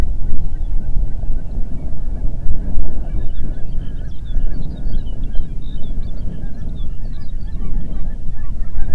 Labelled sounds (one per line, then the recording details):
songbird
waterfowl
wind
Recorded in the Prudhoe Bay oil fields, Alaska, on 8 June 2019 at 04:29
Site 30